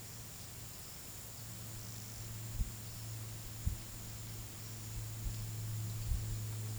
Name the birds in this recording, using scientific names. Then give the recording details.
none. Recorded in pastures near Puerto Asís, Putumayo, Colombia, on 20 February 2024 at 14:00. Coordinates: 0.486, -76.323. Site G6462